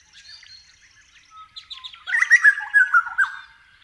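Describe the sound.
Grey butcherbird song: soft scratchy twittering at first, then a loud run of rich, fluty notes wavering up and down before fading.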